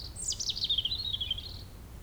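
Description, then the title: European robin singing a quick run of high descending notes that flows into a thin, wavering trill. Sung at sunset on the shore of Lac du Bourget near Brison-Saint-Innocent, France, with the nearby road closed to traffic and calm restored. "28 Chem. de la Chapelle, Brison-Saint-Innocent, France - rouge-gorge."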